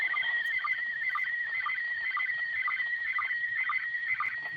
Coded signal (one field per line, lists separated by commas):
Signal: SSTV (slow-scan television)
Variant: PD 120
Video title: 🔴SSTV Receiving Images Directly from the International Space Station (ISS) using Amateur Radio.